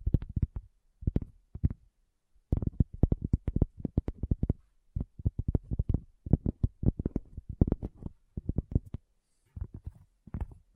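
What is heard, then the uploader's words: ASMR tapping: quick bursts of short, hollow knocks with a low, thumping body and a crisp top. The taps come in fast rolls of several hits, separated by brief silent gaps, and run steadily from start to finish. ASMR Addictive Tapping. (No Talking).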